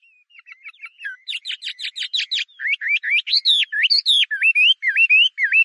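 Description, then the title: Chinese hwamei song starting softly with quick chips, then swelling into loud, clear upslurred and downslurred whistles. "画眉鸟的叫声"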